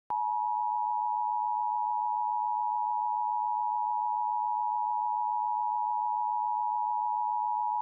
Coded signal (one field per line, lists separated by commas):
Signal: Emergency Alert System (SAME) tones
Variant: 853 and 960 Hz attention tone